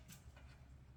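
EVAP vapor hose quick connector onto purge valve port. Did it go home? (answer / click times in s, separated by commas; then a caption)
no / none. The green EVAP vapor hose quick-connect fitting is being slid onto the port of the fuel vapor canister purge valve on a 2018-2023 Ford Explorer 2.3L. Only a low background rumble and a faint brief handling noise around 0.4 s are heard. Nothing has seated or clicked yet.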